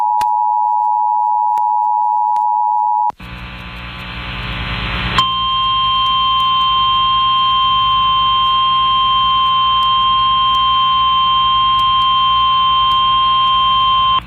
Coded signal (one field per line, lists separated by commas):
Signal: Emergency Alert System (SAME) tones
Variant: 853 and 960 Hz attention tone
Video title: [EAS] WQDR-FM - Tornado Warning Activation 1 - 1/9/2024